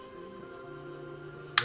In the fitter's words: this slides over it and see how it locks into place just like that